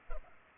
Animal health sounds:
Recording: mosquito wingbeat signal from an infrared sensor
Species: Culex pipiens

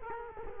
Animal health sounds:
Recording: mosquito wingbeat signal from an infrared sensor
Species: Culex quinquefasciatus

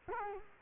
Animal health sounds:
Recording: mosquito wingbeat signal from an infrared sensor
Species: Culex quinquefasciatus

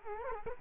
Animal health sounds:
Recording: mosquito wingbeat signal from an infrared sensor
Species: Culex quinquefasciatus

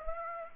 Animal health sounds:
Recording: mosquito wingbeat signal from an infrared sensor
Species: Aedes aegypti

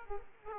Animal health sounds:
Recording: mosquito wingbeat signal from an infrared sensor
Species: Aedes aegypti

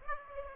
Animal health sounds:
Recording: mosquito wingbeat signal from an infrared sensor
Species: Aedes aegypti

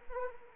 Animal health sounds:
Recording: mosquito wingbeat signal from an infrared sensor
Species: Anopheles arabiensis

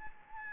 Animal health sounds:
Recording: mosquito wingbeat signal from an infrared sensor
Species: Anopheles gambiae

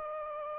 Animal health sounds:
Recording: mosquito wingbeat signal from an infrared sensor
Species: Aedes aegypti

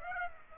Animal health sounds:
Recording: mosquito wingbeat signal from an infrared sensor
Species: Aedes aegypti

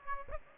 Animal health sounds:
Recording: mosquito wingbeat signal from an infrared sensor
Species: Aedes aegypti

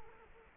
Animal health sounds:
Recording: mosquito wingbeat signal from an infrared sensor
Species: Culex quinquefasciatus

